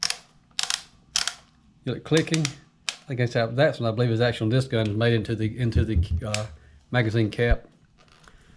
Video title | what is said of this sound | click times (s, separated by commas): Remington 11-87 | have a you feel it clicking | 0.6 s, 1.2 s